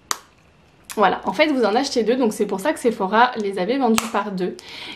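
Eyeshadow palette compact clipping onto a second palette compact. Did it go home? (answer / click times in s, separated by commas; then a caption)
yes / 0.1 s. Two Fenty Beauty Snap Shadows plastic eyeshadow compacts are pressed back to back and clip onto each other into one larger palette, with a single sharp snap at 0.1 s. After a brief quiet, someone talks. The palettes are clipped together.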